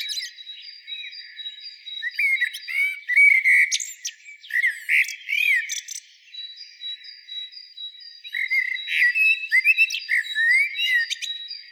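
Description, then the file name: Common blackbird singing fluty warbled phrases with squeaky high flourishes. There is a pause midway, and a steady thin high tone runs behind. "Turdus merula"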